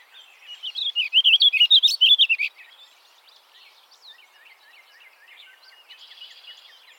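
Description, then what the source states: Warbling Vireo song: one fast, continuous warble of wavering notes for about two seconds, followed by faint, softer chips and twitters. Nominate subspecies Vireo gilvus gilvus.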